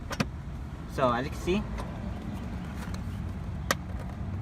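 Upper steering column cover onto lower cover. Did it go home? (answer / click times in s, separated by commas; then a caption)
yes / 3.7 s. The plastic upper steering column cover of a 2003–2007 Honda Accord is angled and pressed onto the lower cover while someone talks. A sharp click at 3.7 s shows the cover snapping and locking in place.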